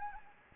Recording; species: mosquito wingbeat signal from an infrared sensor; Anopheles gambiae